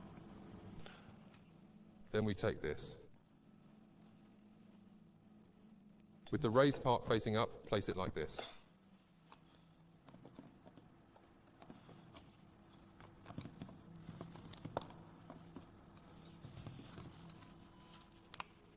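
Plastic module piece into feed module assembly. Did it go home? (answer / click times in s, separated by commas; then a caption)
no / none. Someone talks while a plastic piece is handled, raised side facing up, and positioned for pressing into a TPU feed assist module assembly for a Bambu Lab printer. Between the talk there are a steady low hum and faint handling taps, with a few brief sharp ticks near the end. The clip ends before the piece goes home, so nothing has seated or clicked yet.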